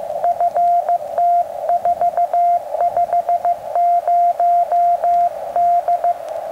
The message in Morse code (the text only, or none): FT450D